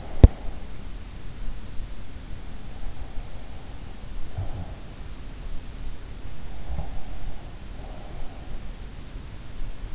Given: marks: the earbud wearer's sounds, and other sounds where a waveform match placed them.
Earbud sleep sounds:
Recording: sounds in sleep by an in-ear microphone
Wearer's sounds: teeth grinding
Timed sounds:
0.00-0.61 s: teeth grinding

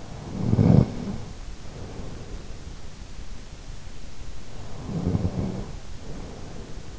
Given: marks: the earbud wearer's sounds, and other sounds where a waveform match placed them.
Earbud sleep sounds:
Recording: sounds in sleep by an in-ear microphone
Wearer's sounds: snoring breath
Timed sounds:
0.00-2.72 s: snoring breath
4.39-6.88 s: snoring breath

